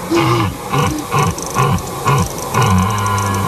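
A stag bellows in a series of deep, rough groans, about five short rhythmic calls followed by a longer drawn-out roar, loud and raw with no voices.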